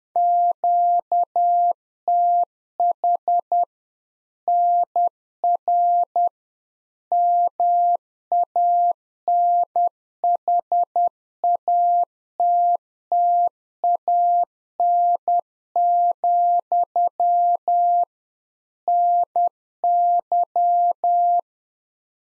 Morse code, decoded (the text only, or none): QTH NR MANHATTAN, NY